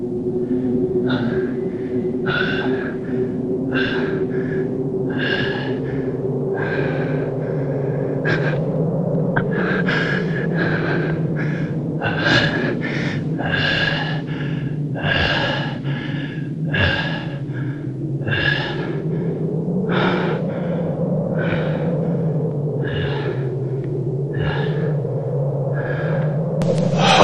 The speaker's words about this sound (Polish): Spójrz na siebie. Jak ty wyglądasz? Nie możesz nawet złapać oddechu.